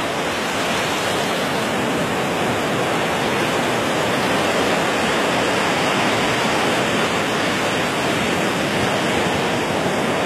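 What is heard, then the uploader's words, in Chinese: Summer sea waves make a dense, unbroken rush that fills the whole ten seconds without any distinct breaking crests. The hiss is bright and even, with a softer low rumble underneath, and the level holds almost perfectly steady throughout. 大自然声音：夏日海浪。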